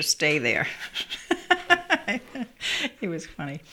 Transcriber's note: she laughs